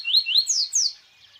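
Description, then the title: Birds: bird chirps, two quick rising notes followed by two longer, bright descending whistled sweeps, then fading twitter. Birds singing at dawn. "Pássaros Cantando No Amanhecer"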